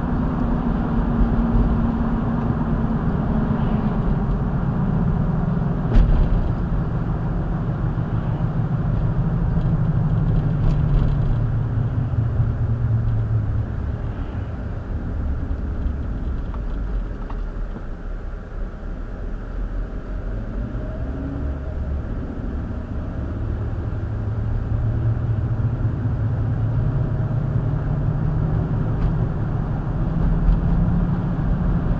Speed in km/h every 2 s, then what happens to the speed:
82, 72, 63, 58, 55, 45, 34, 24, 13, 13, 23, 32, 40, 48, 56, 60.
0-16 brakes to 13. 16-32 speeds up to 60.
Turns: none.